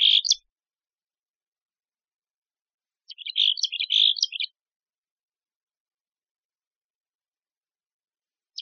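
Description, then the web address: Mexican Chickadee with raspy buzzy calls in short bursts, spaced by several seconds of quiet. Part of the chickadees and allies set of the AZFO sound library, recorded by Deviche. "Sound Library Chickadees Allies AZFO MECH Deviche"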